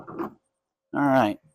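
A replacement headlight housing for a Ford F-250 pickup is handled while being lined up on its locating post at the truck's front end mounting clip. Someone talks in two short bursts, followed by a faint low sound near 1.5 s. Nothing has seated or clicked yet.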